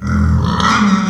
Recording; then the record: squeal of a Yucatan mini pig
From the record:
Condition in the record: after surgery on the right vocal fold (resection and tissue-engineered implant); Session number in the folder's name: 15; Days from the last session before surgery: 175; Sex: female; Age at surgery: 19 weeks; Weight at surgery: 25 kg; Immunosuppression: prednisolone